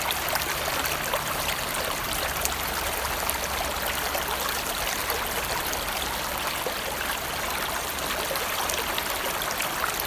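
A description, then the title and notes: A river rushes steadily, a dense, unbroken hiss of moving water that stays bright and even for the whole ten seconds. Underneath runs a faint, constant low hum, with no separate events standing out. River Lune. Sound of the river.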